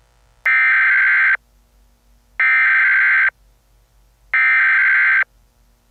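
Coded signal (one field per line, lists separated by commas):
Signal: Emergency Alert System (SAME) tones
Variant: header bursts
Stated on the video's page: Fictional EAS scenario.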